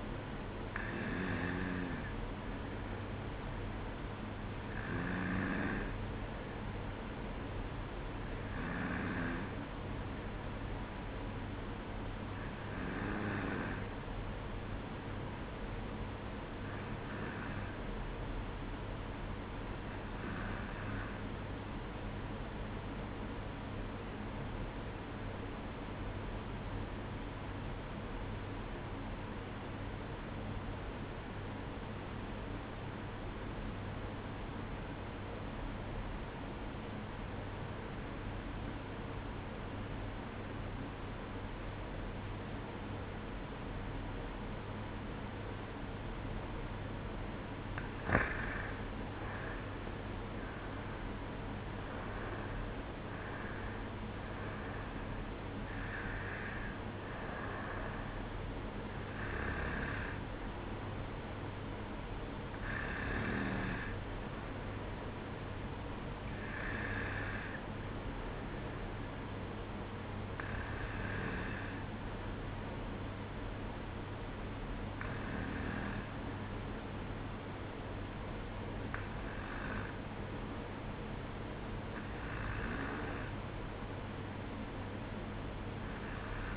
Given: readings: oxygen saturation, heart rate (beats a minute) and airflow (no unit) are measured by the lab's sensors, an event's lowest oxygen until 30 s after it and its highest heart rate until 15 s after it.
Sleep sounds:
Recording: breathing in sleep by a voice recorder at the bedside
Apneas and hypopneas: 1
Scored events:
6.00-36.00 s: new sleep stage, N2 (light sleep)
20.00-48.00 s: obstructive apnea (N2, oxygen 95% highest, then 89% lowest, heart rate 61 at the start, 71 highest)
36.00-86.57 s: new sleep stage, N1 (lightest sleep)
From the record:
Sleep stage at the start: N1 (lightest sleep)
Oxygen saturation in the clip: 89 to 96%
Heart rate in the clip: 61 to 71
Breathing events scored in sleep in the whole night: 305 in 9.6 hours asleep

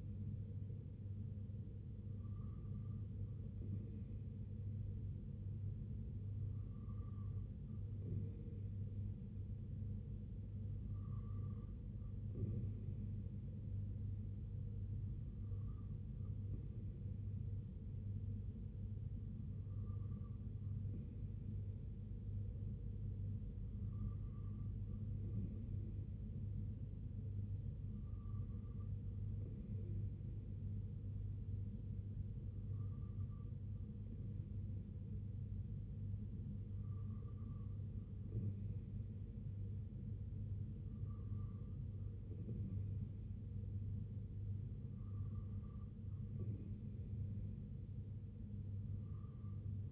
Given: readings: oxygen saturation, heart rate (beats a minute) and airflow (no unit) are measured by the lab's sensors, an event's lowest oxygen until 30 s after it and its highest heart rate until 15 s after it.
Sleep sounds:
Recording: breathing in sleep by a smartphone at the bedside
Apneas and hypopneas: none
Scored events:
none scored
From the record:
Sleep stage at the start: N2 (light sleep)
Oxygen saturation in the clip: 93%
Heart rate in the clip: 65 to 69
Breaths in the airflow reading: 11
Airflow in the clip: -3.2 to 2.1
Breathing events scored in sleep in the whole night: 258 in 7.4 hours asleep

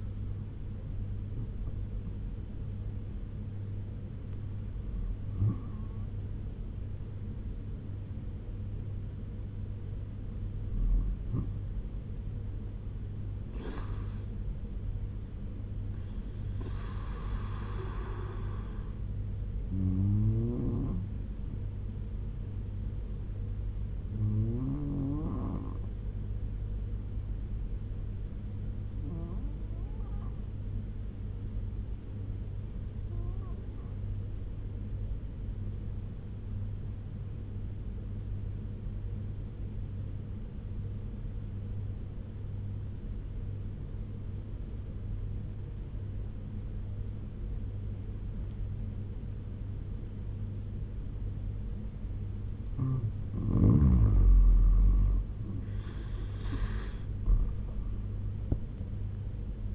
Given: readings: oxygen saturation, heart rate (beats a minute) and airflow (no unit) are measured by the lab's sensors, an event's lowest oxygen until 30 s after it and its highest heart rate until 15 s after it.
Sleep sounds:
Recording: breathing in sleep by a smartphone at the bedside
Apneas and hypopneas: 1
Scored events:
17.00-47.00 s: new sleep stage, N2 (light sleep)
25.00-53.50 s: hypopnea (N2, oxygen 96% highest, then 84% lowest, heart rate 69 at the start, 86 highest)
47.00-59.75 s: new sleep stage, N1 (lightest sleep)
From the record:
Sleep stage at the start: N1 (lightest sleep)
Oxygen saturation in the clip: 85 to 96%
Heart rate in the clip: 66 to 85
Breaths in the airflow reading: 8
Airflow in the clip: -6.2 to 9.7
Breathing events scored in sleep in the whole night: 201 in 6.5 hours asleep

